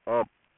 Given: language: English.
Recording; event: throat vibration sensor signal played as sound; speech